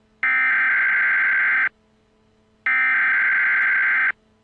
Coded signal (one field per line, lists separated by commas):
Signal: Emergency Alert System (SAME) tones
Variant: header bursts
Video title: The Pulsar End. EAS Scenario.